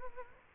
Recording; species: mosquito wingbeat signal from an infrared sensor; Aedes aegypti